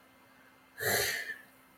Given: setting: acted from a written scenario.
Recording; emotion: vocal sound without words; contempt